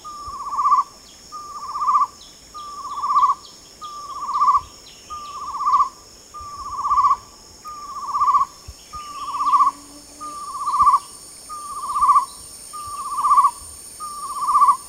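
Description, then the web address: Chestnut-necklaced partridge call: twelve evenly spaced, swelling whistles about 1.2 seconds apart, with a steady high insect whine behind. Recorded at Danum on 8 August 2009. "DANUM 20090808. chestnut-necklaced hill partridge"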